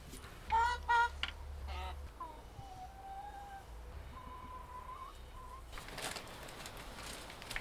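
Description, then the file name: Chickens: two loud, harsh clucking calls near the start, then long, thin whining notes from hens, followed by a burst of rustling noise. Laying hens kept by the recordist's grandmother. "Kury nioski babci"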